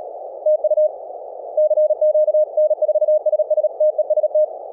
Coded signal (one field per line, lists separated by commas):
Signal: Morse code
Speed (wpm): 37 wpm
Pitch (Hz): 620 Hz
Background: none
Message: TU CQ N4SS TEST